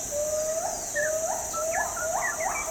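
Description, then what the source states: Gibbon calling with a series of rising whooping notes, each sliding upward, over a steady high-pitched insect drone. Calling at dawn in the morning, Borneo.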